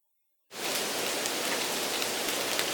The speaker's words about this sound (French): Une violente averse éclate, accompagnée de rafales de vent. Les gouttes de pluie tambourinent brutalement contre les vitres.